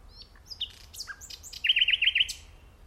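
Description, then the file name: Common nightingale singing varied high chirps and slurred whistles, then a series of loud, evenly repeated notes. "Luscinia megarhynchos"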